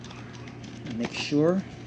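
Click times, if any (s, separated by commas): none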